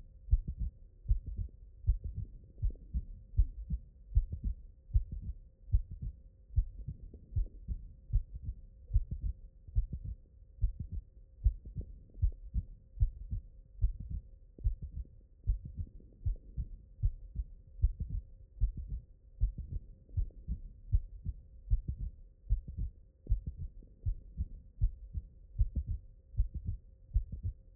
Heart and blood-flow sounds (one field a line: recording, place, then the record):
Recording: heart sounds by stethoscope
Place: mitral valve (MV)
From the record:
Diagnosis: non-HFrEF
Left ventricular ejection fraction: 56%